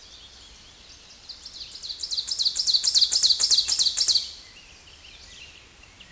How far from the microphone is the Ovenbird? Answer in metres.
about 5 m